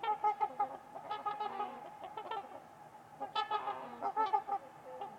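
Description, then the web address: Trumpeter swans trading loud, nasal honks, several birds calling in quick succession with brief pauses. Trumpeter swans on a winter's eve at Winters Lake in a deep valley. "Trumpeter Swans on a Winter's Eve. Nick-Mc Mahan Winters-Lake-with-Swan. Wind Is the Original Radio"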